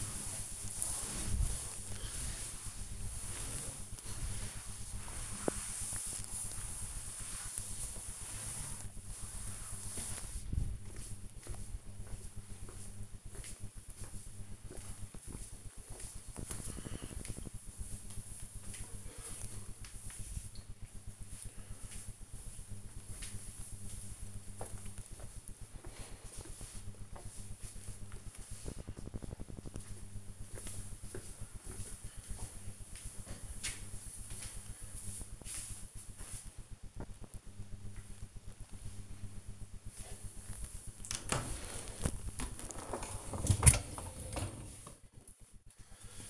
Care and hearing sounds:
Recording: household activities, microphone on the right wrist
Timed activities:
0.00-9.47 s: cleaning table
39.64-46.29 s: cleaning out the dishwasher

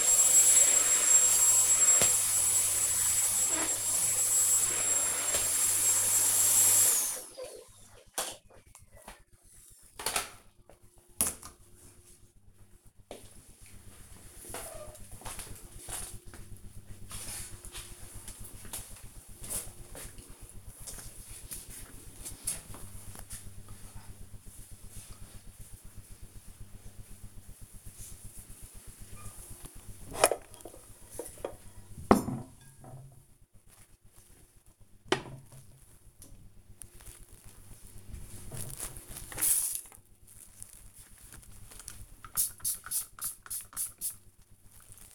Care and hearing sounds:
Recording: household activities, microphone on the right wrist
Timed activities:
0.00-6.54 s: vacuum cleaning
33.79-45.15 s: cleaning table

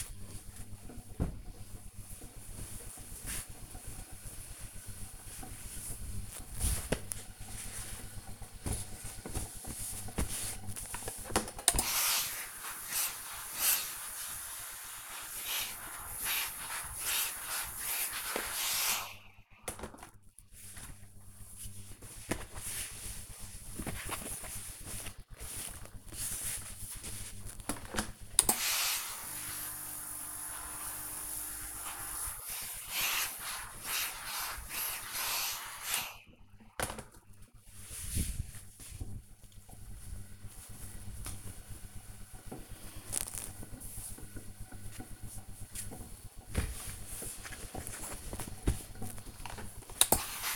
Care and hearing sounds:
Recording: household activities, microphone on the right wrist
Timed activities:
10.01-50.55 s: ironing laundry

